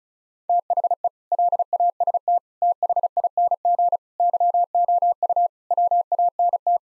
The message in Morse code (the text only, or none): THE LAST THING YOU WANT